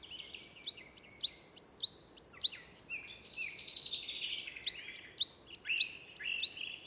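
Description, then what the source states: Coal Tit singing bright repeated two-note phrases in two quick series, with a rougher sound between them. Wild bird singing again at dusk after the black woodpecker moved away, 20 March 2019, Val Drôme forest; song like Great Tit's but more sparkling and finer; Wildtronic parabola, MKH8020, MixPre-3.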